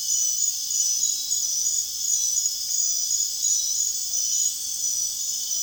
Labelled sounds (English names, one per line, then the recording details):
none
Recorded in dense forest near Puerto Asís, Putumayo, Colombia, on 22 June 2025 at 21:30
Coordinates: 0.466, -76.327
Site GP04